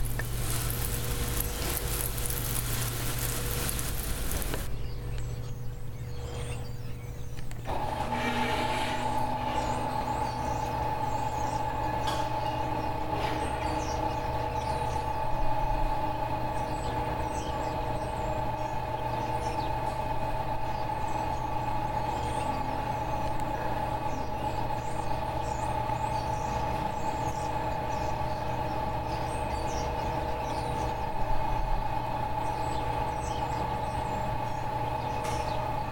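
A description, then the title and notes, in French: Greenhouse ambience: a loud rushing hiss fills the first five seconds, then drops away to a steady low machine hum. From about eight seconds a constant mid-pitched whine runs to the end, with faint high chirps and small knocks scattered throughout. Ambiance Serre. Dans les serres du pôle horticole.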